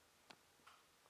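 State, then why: Seated. As a bow is drawn back with a string tied to a Cajun Bowfishing Hybrid Reel, the auto-lock lever clicks into its cocked position with a sharp tick at 0.3 s, pulling the thumb lever fully down. A softer tick follows at about 0.7 s and a faint one near 1.1 s. The reel is left cocked and locked.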